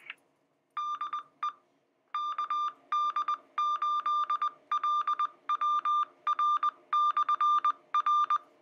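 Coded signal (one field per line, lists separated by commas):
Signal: Morse code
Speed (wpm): 20 wpm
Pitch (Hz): 1200 Hz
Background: music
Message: DE KD8LWR/R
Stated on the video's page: Received over a simplex repeater system.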